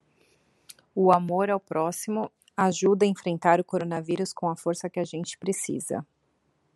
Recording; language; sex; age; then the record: spoken sentence; Brazilian Portuguese; female; 40 to 49 years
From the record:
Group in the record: control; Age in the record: 42 years